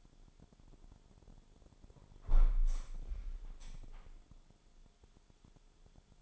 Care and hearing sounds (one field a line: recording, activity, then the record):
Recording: daily activity, microphone in the room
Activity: close window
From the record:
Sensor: 5